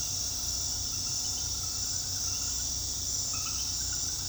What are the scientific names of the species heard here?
none